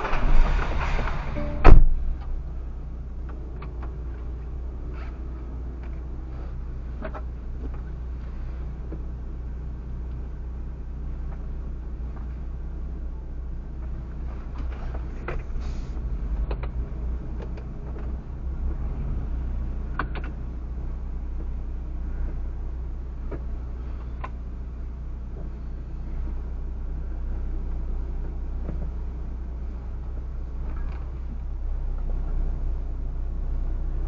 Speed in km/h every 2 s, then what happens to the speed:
0, 0, 0, 0, 0, 0, 0, 0, 0, 0, 0, 0, 0, 0, 0, 1, 1.
0-34 standing.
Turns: none.